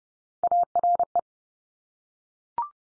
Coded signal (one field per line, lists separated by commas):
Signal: Morse code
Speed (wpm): 30 wpm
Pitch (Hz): 700 Hz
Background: none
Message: ARE